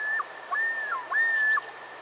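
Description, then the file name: Common Loon giving three clear whistled notes, each ending in a sharp downward slur, with a steady tone throughout. "Gavia immer - Great Northern Loon"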